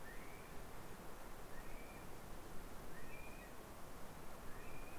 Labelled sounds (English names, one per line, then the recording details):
North Island Brown Kiwi male call
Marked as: faintness 3/5
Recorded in New Zealand on 3 November 2013
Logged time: 01:58
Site CV71